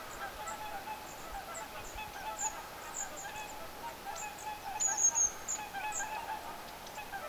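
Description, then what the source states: Long-tailed tit calls, thin and very high, given irregularly throughout, with a louder sweeping note midway, over steady background honking from geese. Recorded 14 October 2024.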